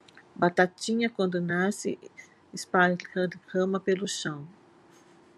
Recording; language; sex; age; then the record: short text; Brazilian Portuguese; female; 50 to 59 years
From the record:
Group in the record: control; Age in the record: 58 years